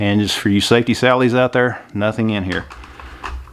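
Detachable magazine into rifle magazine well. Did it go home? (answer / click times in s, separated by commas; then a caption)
yes / 3.3 s. Someone talks, then an empty detachable box magazine is pushed into the magazine well of a Ruger American Gen II 6.5 Creedmoor bolt-action rifle. A few short hard clicks follow, and the loudest at 3.3 s is the latch as the magazine seats in place.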